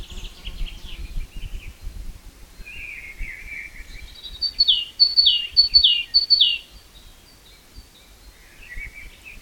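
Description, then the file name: Great tit song: faint warbling, then a clear run of four or five sharp descending notes in the middle, ending with soft chirps. "Parus major"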